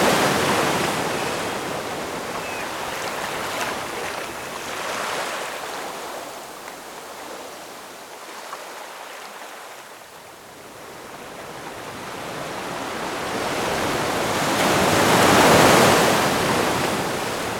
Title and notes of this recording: Lighthouse at Night Nature Sounds. The sounds of a lighthouse over the ocean at night